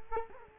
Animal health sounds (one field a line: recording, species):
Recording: mosquito wingbeat signal from an infrared sensor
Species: Culex quinquefasciatus